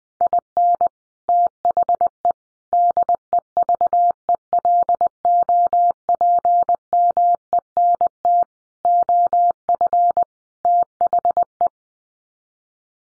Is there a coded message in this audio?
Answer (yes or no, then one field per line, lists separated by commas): yes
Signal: Morse code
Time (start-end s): 0.2-11.7 s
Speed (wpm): 20 wpm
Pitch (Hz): 700 Hz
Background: none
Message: IN THE DEVELOPMENT OF THE